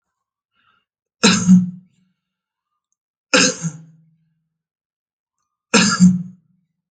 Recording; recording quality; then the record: shallow voluntary cough; excellent, no background noise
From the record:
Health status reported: COVID-19 positive, mild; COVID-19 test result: positive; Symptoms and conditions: cough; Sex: male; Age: 36 years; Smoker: not ticked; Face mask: not worn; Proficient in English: yes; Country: India